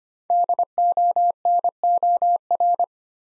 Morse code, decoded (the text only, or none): DONOR